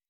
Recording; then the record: hydrophone in a shrimp aquaculture tank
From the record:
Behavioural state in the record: weakened